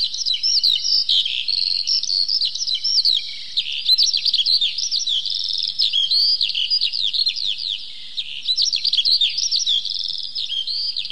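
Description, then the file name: Eurasian skylark in sustained song: shrill, hurried chirps and warbles strung together continuously, softening briefly a couple of times. "zhavoronok polevoy"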